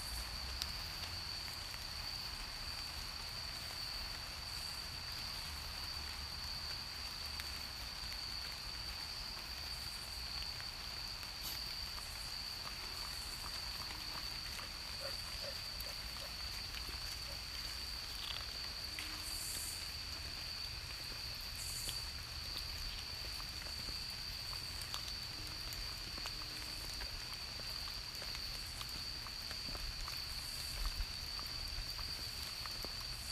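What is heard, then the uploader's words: A suburban night ambience with a steady, unbroken bed of insect-like buzzing and a piercing constant high whine running through all 33 seconds. Faint clicks, chirps and soft patters drift in, and a low rumble sits underneath throughout. Nature’s voices at night in the suburbs.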